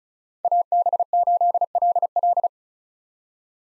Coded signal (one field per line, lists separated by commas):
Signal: Morse code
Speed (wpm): 36 wpm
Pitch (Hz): 700 Hz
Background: none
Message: AB8LL